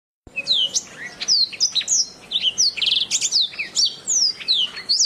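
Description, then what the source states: Oriental magpie-robin song: a rapid, varied stream of high whistled notes, slurs and buzzy trills, nearly continuous after a short silent start. Chirping song.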